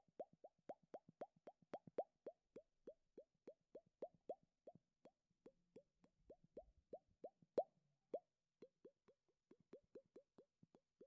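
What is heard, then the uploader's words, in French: Mouth noises: a steady run of short, wet plops or pops made with the lips, about three per second, each a clipped hollow tone. The rhythm stays even, with a faint murmur behind around the middle and one louder pop near eight seconds. Un petit medley ASMR no talking d'avril. Bruits de bouche.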